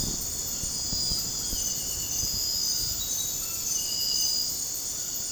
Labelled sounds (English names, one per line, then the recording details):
none
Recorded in dense forest near Puerto Asís, Putumayo, Colombia, on 18 February 2024 at 03:30
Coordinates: 0.486, -76.316
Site G6437